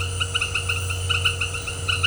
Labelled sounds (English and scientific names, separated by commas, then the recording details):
none
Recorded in dense forest near Puerto Asís, Putumayo, Colombia, on 19 March 2025 at 18:00
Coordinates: 0.468, -76.322
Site GP01